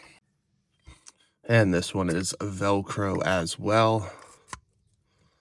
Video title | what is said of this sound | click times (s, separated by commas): Brake Hub Cleaning Tool? Titan vs OEM vs TEOFix Bands - Real Test & Results | just snaps right into place there. | 4.5 s